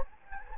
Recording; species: mosquito wingbeat signal from an infrared sensor; Anopheles gambiae